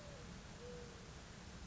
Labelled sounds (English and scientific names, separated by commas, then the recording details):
Mourning Dove (Zenaida macroura)
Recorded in Sonoma County, California